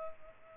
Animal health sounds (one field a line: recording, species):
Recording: mosquito wingbeat signal from an infrared sensor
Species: Culex pipiens